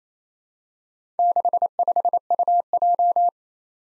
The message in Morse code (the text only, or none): 65UJ